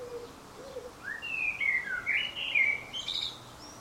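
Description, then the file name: Common blackbird song: a rich fluty phrase sliding up and down, then breaking into a high thin squeaky twitter at the end, preceded by two low soft notes. "Turdus merula"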